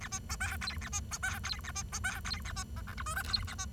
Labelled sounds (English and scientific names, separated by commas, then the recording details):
Bengalese Finch (Lonchura striata domestica) song
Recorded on 23 June 2012 at 10:57
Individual gr41rd51